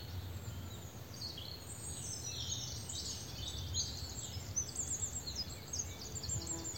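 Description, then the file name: European robin delivering a run of high, jumbled warbling notes and quick trills above a constant low rumble of background noise. "Erithacus rubecula"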